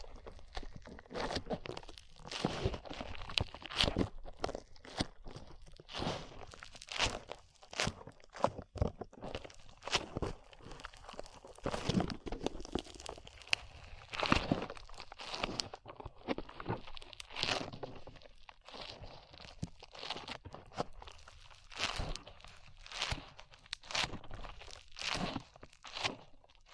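Slime being handled, with a steady stream of wet, crackling crunches and squelches, dense and irregular throughout. Short bright pops cluster in quick bursts, with slightly louder snaps around 12, 15 and 17 seconds, and brief quieter gaps between handfuls.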